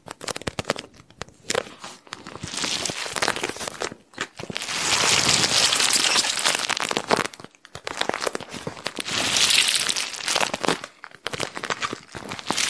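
An insulated thermal bag filled with blue beads is handled, giving dense crinkling, rustling and crunching with a bright hiss. The sound comes in bursts: short crackles early, then longer sustained swells around five to seven and nine to eleven seconds, separated by brief quiet gaps.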